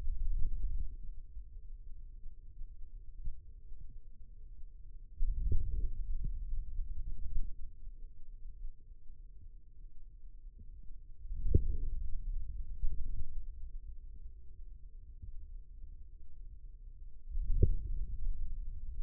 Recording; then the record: forearm muscle sounds (acoustic myography)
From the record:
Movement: hand closing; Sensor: system 2, bracelet of six BSWA MPA416 microphones around the upper forearm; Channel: 4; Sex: male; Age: 22 years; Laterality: right